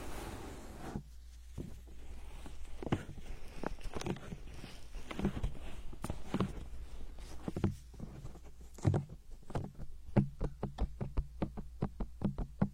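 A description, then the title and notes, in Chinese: A hand massage with soft, dull pats and taps against skin, scattered and uneven for the first several seconds, then settling into a quicker, steadier rhythm from about nine seconds on. A low, constant hum runs underneath for most of the clip. 手部按摩3（声控助眠）。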